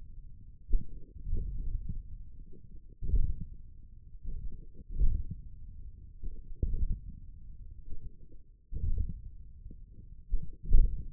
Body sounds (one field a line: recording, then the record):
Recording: forearm muscle sounds (acoustic myography)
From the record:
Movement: hand closing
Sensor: system 1, eight BSWA MPA416 microphones around the upper forearm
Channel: 7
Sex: male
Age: 28 years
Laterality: right